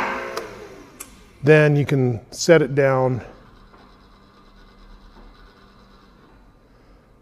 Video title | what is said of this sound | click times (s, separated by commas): Low Profile Portable Two Post Automotive Lift Features and Review | you'll hear the two clicks | 0.4 s, 1.0 s